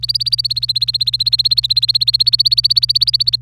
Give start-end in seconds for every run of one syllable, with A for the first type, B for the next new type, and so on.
0.00-3.36 A